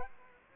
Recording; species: mosquito wingbeat signal from an infrared sensor; Culex quinquefasciatus